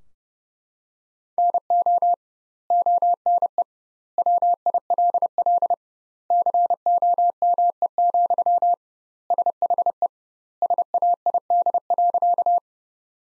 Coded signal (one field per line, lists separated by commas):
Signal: Morse code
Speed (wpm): 30 wpm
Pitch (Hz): 700 Hz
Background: none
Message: NO ONE WILL COME, SHE SAID.